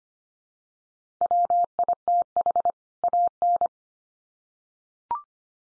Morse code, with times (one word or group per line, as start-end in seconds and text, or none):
1.2-2.7 WITH
3.0-3.7 AN